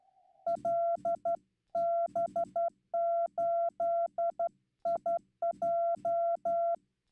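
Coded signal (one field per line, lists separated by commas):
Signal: Morse code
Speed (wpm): 12 wpm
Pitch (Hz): 680 Hz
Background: none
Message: LB8IJ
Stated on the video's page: Slow CW at around 15 wpm sent live on new straight keys, including a WWII key, during Straight Key Night, on a Yaesu FTdx10.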